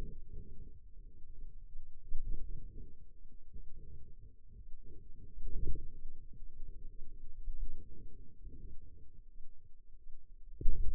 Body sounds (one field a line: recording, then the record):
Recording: forearm muscle sounds (acoustic myography)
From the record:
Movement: wrist extension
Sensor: system 2, bracelet of six BSWA MPA416 microphones around the upper forearm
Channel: 1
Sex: female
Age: 23 years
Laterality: right